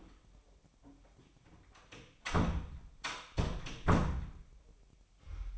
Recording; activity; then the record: daily activity, microphone in the room; close door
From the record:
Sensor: 1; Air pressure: 1007.5 hPa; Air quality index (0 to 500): 194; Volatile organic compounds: 18 ppm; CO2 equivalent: 2621 ppm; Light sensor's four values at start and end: 13/34/13/15 and 13/32/13/15